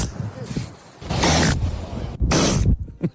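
After soft snuffling breaths come two sharp, hissing bursts about a second apart, each ending abruptly. These are the sneezes of a baby seal: quick, forceful expulsions of air through the nose.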